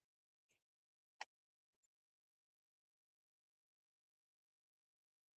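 A plastic Mounjaro auto-injector pen, unlocked and pressed against the skin of the upper arm, is fired and gives one sharp click at 1.2 s, with fainter short sounds around 0.5 s and 1.8 s. The injection is confirmed as done. Two clicks were expected, but only this one sharp click stands out before silence.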